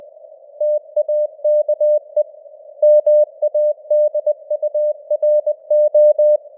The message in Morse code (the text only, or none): TAKE MADURO